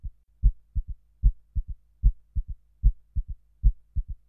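Regular low-pitched heart sounds at about 75 beats a minute, each cycle a three-beat gallop: a strong first beat followed by two softer, closely spaced sounds. The extra early-diastolic sound is a loud third heart sound (S3), an abnormal finding.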